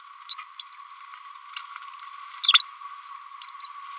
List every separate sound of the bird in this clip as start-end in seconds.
0.29-0.38, 0.59-0.67, 0.72-0.80, 0.90-0.96, 0.99-1.09, 1.56-1.67, 2.43-2.53, 3.41-3.50, 3.60-3.67